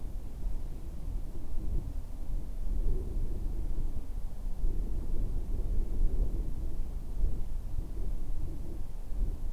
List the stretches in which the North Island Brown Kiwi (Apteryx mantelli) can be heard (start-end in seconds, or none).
none